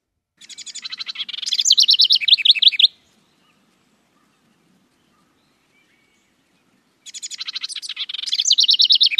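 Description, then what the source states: House wren song: two bubbly, rapid chattering bursts, each starting with scratchy notes and ending in a fast, high, rolling trill. Small brown bird common in Ohio backyards and across the country; song may show slight regional variation.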